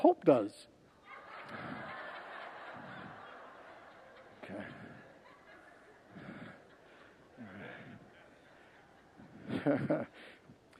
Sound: congregants laugh